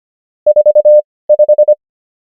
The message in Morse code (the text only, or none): 45